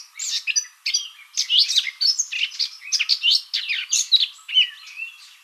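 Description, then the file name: Eurasian blackcap song of fast, tumbling warbles with sharp chips and fluty whistles. Notes are packed closely together in an energetic, varied stream. "Sylvia atricapilla"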